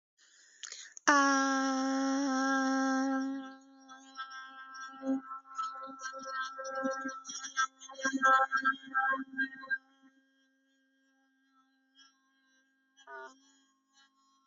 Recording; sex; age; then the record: vowel held as long as possible; female; 30 to 39 years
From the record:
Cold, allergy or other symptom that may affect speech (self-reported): no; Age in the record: 38 years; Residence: Ohio, United States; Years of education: 12